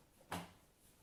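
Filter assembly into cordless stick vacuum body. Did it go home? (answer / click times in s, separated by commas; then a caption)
yes / 0.3 s. After checking suction, a plastic filter unit is refitted into the dust bin of a Hoover H-Free HF18CPT cordless stick vacuum. A single short, sharp click sounds at 0.3 s over quiet background noise and fades quickly. The filter seats in place.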